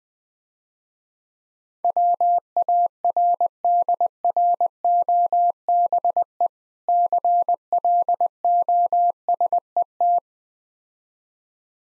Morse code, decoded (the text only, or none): WARDROBE CLOSET